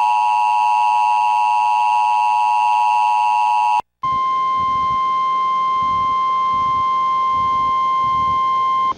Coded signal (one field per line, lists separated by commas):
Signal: Emergency Alert System (SAME) tones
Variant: 853 and 960 Hz attention tone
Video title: Tier List de EAS